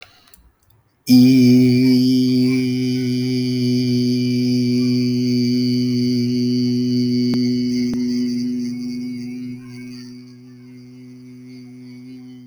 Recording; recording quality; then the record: sustained vowel as in beet; excellent, no background noise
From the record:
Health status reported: healthy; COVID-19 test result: negative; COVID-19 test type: RT-PCR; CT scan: not taken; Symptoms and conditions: none ticked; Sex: male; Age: 33 years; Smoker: no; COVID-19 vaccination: one dose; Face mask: not worn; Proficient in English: yes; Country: India